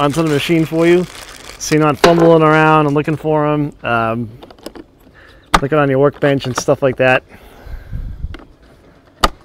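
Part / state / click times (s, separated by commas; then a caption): nozzle tip into storage slot on pressure washer / seated / 9.2 s. A plastic-and-metal quick-connect nozzle tip is pressed into one of the four storage slots on a Sun Joe SPX3000 Xtream pressure washer while someone talks. A few small taps are heard after the speech, then a sharp snap at 9.2 s as the tip seats in its holder.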